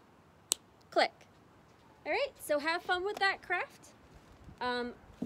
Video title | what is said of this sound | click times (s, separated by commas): Blossburg 2 F | make sure when you put your cat back on that you hear it click | 0.5 s